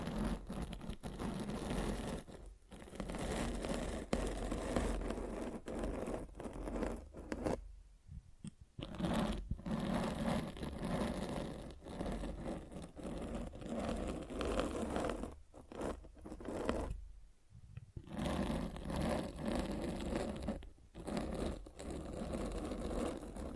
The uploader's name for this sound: Mic Scratching